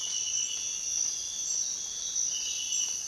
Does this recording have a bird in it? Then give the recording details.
no. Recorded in dense forest near Puerto Asís, Putumayo, Colombia, on 19 February 2024 at 06:00. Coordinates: 0.466, -76.327. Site G6413